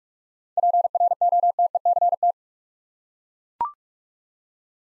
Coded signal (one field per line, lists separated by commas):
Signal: Morse code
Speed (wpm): 41 wpm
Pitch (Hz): 700 Hz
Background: none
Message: PROTECT